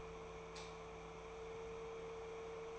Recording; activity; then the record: daily activity, microphone in the room; light off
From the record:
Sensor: 1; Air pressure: 1014.8 hPa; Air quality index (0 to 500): 188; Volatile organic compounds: 19 ppm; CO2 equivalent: 2663 ppm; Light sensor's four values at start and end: 15/43/16/18 and 11/28/11/13